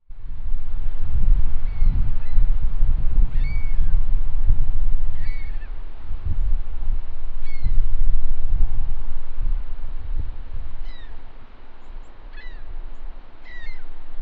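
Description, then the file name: Gull calls: short mewing cries, several a few seconds apart, over loud low rumbling wind or water noise. "Anim Seaguls"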